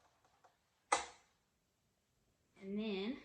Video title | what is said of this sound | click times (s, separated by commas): UNBOXING JUKI MO1000 AIR THREADER | take your dial and push it towards you until you hear a big click. | 0.9 s